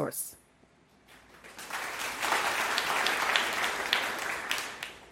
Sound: applause